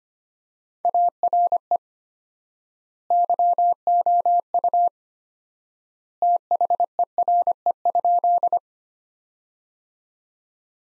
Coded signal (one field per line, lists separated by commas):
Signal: Morse code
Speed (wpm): 25 wpm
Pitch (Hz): 700 Hz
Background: none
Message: ARE YOU THERE?